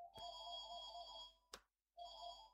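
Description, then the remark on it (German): A telephone rings in two bursts separated by a short silence, its bright, trilling bell tone steady and fairly loud, with a sharp click between the rings. No one speaks. “Jetzt rufen die Leute schon an, um uns zu sagen, dass wir keine Ahnung haben.”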